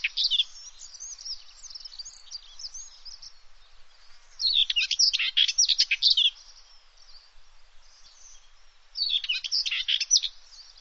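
Bird calls, high twittering and chirping notes in dense bursts separated by quieter stretches of faint chatter.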